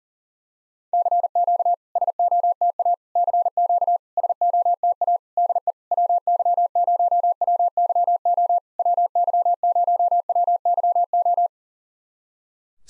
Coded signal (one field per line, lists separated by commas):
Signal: Morse code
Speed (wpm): 40 wpm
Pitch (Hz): 700 Hz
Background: none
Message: CQ SOTA CQ SOTA DE WY0WYO WY0WYO